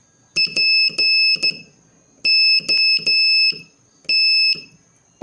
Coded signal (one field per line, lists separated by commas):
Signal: Morse code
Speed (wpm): 11 wpm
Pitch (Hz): 2600 Hz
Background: none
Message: POT